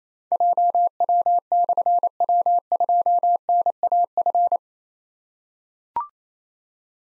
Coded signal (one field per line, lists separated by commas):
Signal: Morse code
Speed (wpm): 28 wpm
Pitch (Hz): 700 Hz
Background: none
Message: JW/W2NAF